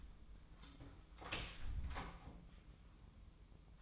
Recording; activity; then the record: daily activity, microphone in the room; close door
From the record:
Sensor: 1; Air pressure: 1004.9 hPa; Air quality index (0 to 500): 75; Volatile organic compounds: 2 ppm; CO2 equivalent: 997 ppm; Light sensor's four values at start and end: 10/24/9/10 and 9/23/9/10